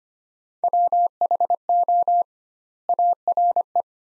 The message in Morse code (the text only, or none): WHO ARE